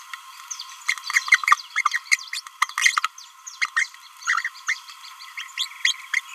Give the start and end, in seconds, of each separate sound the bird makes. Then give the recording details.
0.88-0.95, 1.13-1.22, 1.75-1.84, 2.33-2.41, 2.77-2.96, 3.77-3.86, 4.26-4.50, 4.68-4.76, 5.37-5.44, 5.56-5.68, 5.83-5.96, 6.13-6.21. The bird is a female. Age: 26 days. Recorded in a nest box in Venezuela. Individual 17B31A3